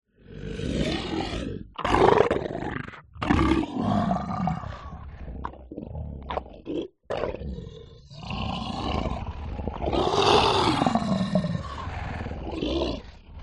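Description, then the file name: Lion growling and snarling while feeding: rough, deep bursts with harsh rasping edges, broken by short silences, then a long continuous snarl toward the end. Lion eating. "zapsplat animals lion eating"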